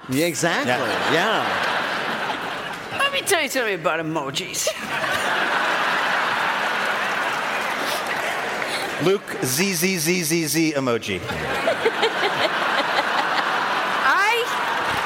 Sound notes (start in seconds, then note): 0.6 laughter; 4.6 laughter; 11.2 laughter